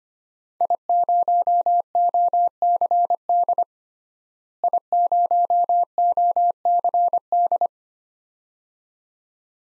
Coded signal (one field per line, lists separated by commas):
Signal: Morse code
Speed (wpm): 25 wpm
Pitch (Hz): 700 Hz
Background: none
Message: I0OCD I0OCD